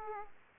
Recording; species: mosquito wingbeat signal from an infrared sensor; Aedes aegypti